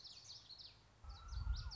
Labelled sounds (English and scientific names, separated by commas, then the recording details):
Common Yellowthroat (Geothlypis trichas)
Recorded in Sonoma County, California